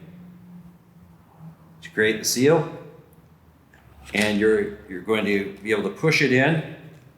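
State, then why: Not seated. A breath flow sensor, its rubber-ringed end pushed into the plastic screw-adapter mount on a mask used without a filter, is handled while a man talks. Two faint brief ticks sound at about 3.1 and 3.7 seconds. The sensor has not yet seated or clicked into place.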